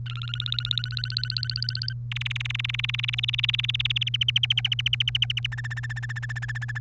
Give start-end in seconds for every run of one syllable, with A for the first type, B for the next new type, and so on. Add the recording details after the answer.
0.06-1.93 A, 2.12-4.09 B, 4.14-5.46 C, 5.52-6.78 D. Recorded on 1 May 2018 at 08:04. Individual llb3